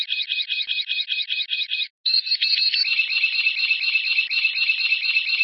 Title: Kicau Murai Batu